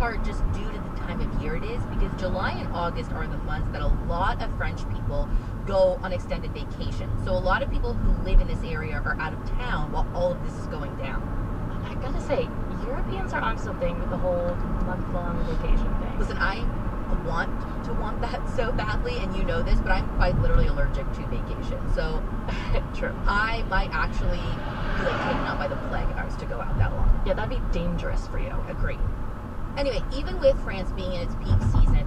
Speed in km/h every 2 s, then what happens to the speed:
45, 39, 34, 32, 37, 40, 44, 47, 50, 50, 47, 44, 39, 35, 37, 37.
0-6 slows to 32. 6-16 speeds up to 50. 19-25 slows to 35. 25-32 steady at about 37.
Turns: none.